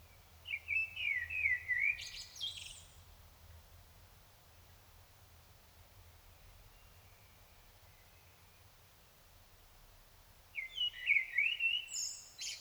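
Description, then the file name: Common blackbird song: two warbled phrases, each closing with a shrill twitter, separated by a long quiet gap over a faint low hum. "Turdus merula"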